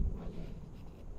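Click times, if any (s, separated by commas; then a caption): none. The original roof wiring connector of a Tesla Model Y is handled as it is brought back to its socket to be plugged in the way it was, during an electric sunshade install. Only quiet, steady low-frequency rumble and faint handling noise are heard, with no sharp transients. Nothing has seated or clicked yet.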